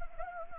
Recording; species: mosquito wingbeat signal from an infrared sensor; Anopheles gambiae